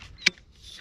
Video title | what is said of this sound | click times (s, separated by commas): SUP YOGA with Hannah on Outdoor Master Stand-Up Paddleboard | it is a three-piece paddle unit here the bottom end clicks in no adjustment there | 0.3 s